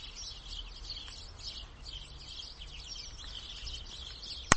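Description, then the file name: House sparrows giving busy overlapping chirps, quick high notes tumbling together, over faint low background noise, ending in a sharp click. "Passer domesticus"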